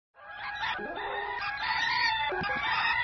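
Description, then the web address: Turkey calls: a dense, continuous mass of overlapping gurgling notes lasting about three seconds. "Dindon didiboom"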